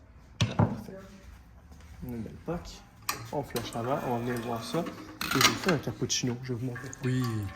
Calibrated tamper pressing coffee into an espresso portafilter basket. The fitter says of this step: 35 kg de pression. Et ici, on a le petit clic qui nous donne parfait.